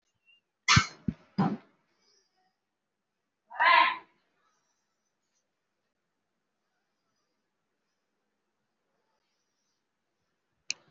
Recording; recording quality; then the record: shallow breathing; moderate, slight background noise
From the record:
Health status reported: recovered from COVID-19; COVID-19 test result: positive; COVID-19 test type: RT-PCR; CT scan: taken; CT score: 0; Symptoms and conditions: breathing difficulty, asthma, another respiratory illness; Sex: female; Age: 65 years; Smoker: no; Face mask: worn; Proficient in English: no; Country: India